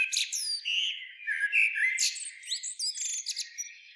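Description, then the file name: Common blackbird singing steadily throughout: rich fluted notes mixed with sharp, squeaky high chips and rapid twittery trills. "Turdus merula"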